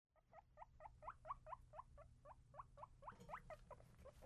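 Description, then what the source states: Guinea pig giving a steady series of short, slightly rising squeaks about four per second, each with a clear overtone, over a faint low hum. Kept in a cage.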